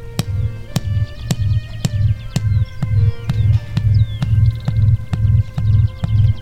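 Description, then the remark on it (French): A houbara bustard's low, throbbing booming display call repeats in a steady rhythm of deep pulses about twice a second, with sharp faint ticks and thin bird chirps above it. “Le son pouvant s'entendre à plus de 600 mètres, on imagine que les femelles finissent par se rapprocher et aller y voir de plus près.”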